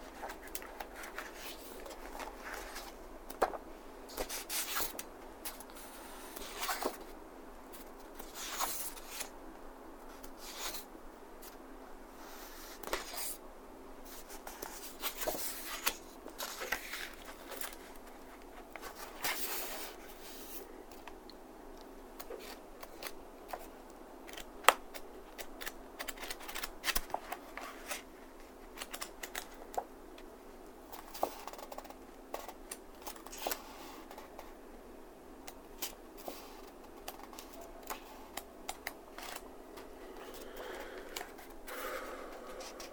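Pages of a book are turned at a desk, with frequent short papery rustles and flicks scattered irregularly through the whole stretch. The sounds are bright, with occasional soft taps and rubs against the table.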